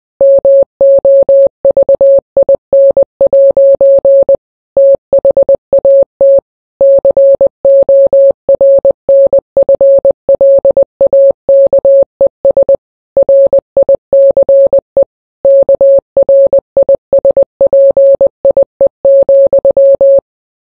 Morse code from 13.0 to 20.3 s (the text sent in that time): RICE KRISPIE,